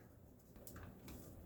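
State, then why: Not seated. A 24-pin ATX power connector is handled near the socket of an MSI B550 Gaming Edge WiFi motherboard, lined up by its tab before being pushed in. There are soft rustles and two brief handling sounds, a sharp tick at 0.7 s and a longer scrape at 1.1 s, over low background noise. Nothing has seated or clicked yet.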